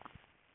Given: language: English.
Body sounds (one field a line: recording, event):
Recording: throat vibration sensor signal played as sound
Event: swallow